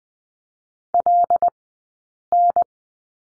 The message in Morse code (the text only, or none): LN